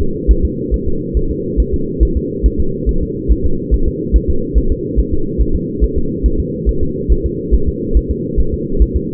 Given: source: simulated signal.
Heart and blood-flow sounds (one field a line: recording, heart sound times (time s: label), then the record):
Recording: fetal heart sounds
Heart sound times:
0.01 s: S2
0.31 s: S1
0.45 s: S2
0.74 s: S1
0.88 s: S2
1.17 s: S1
1.31 s: S2
1.60 s: S1
1.74 s: S2
2.03 s: S1
2.17 s: S2
2.46 s: S1
2.60 s: S2
2.89 s: S1
3.03 s: S2
3.31 s: S1
3.46 s: S2
3.74 s: S1
3.88 s: S2
4.16 s: S1
4.30 s: S2
4.58 s: S1
4.72 s: S2
5.00 s: S1
5.13 s: S2
5.41 s: S1
5.56 s: S2
5.84 s: S1
5.98 s: S2
6.26 s: S1
6.40 s: S2
6.69 s: S1
6.83 s: S2
7.12 s: S1
7.26 s: S2
7.55 s: S1
7.69 s: S2
7.97 s: S1
8.11 s: S2
8.40 s: S1
8.54 s: S2
8.82 s: S1
8.96 s: S2
From the record:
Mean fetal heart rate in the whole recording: 140 bpm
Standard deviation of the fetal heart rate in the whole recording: 2 bpm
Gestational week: 34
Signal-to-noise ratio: -8.1 dB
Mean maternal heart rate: 72 bpm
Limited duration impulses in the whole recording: absent